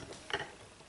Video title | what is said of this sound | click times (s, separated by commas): Embroidering a Rain Jacket Hood | will click close | 0.3 s